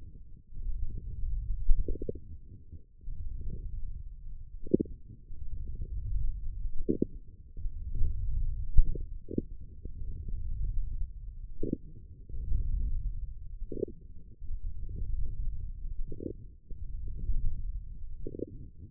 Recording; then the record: forearm muscle sounds (acoustic myography)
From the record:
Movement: wrist flexion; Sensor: system 1, eight BSWA MPA416 microphones around the upper forearm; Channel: 7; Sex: male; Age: 18 years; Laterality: right